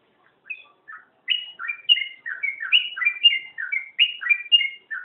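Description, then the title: Magpie-robin starting with a few soft notes, then a dense stream of sweet whistles and chirps, rising and falling, with a single sharp click. "Kicau Kacer"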